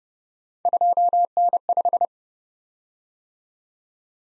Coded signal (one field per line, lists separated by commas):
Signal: Morse code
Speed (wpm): 30 wpm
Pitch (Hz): 700 Hz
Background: none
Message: 2N5